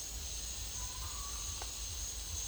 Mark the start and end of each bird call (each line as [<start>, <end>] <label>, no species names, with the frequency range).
[0.68, 1.92] bird call (0.7-1.7 kHz)